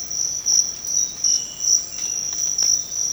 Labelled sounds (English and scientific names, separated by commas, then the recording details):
none
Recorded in secondary vegetation near Puerto Asís, Putumayo, Colombia, on 19 March 2025 at 06:00
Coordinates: 0.484, -76.319
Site G010